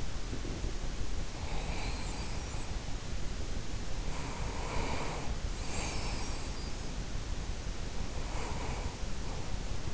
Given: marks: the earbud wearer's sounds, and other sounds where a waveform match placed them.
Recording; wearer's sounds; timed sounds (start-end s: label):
sounds in sleep by an in-ear microphone; breath
0.00-9.83 s: breath